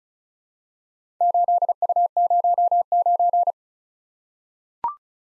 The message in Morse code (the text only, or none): 8U09